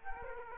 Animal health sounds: mosquito wingbeat signal from an infrared sensor; Aedes aegypti

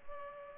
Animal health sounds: mosquito wingbeat signal from an infrared sensor; Culex pipiens

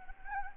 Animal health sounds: mosquito wingbeat signal from an infrared sensor; Anopheles gambiae

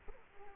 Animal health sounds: mosquito wingbeat signal from an infrared sensor; Culex quinquefasciatus

